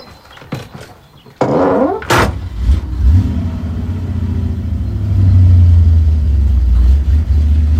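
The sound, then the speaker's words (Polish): A passenger car on a deeply rutted dirt field road: a few harsh, gritty scrapes and clunks as its underside rubs over dried clay and stones, followed by a low engine rumble that swells louder and holds steady. “Na polnej drodze kolejny tak głębokie, że słyszę, jak brzuch samochodu ociera się o zaschniętą glinę i kamienie.”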